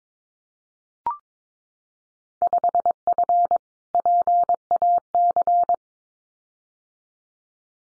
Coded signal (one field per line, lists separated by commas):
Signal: Morse code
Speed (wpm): 22 wpm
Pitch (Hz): 700 Hz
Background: none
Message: 5F PAC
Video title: Field Day Exchange Encore 22wpm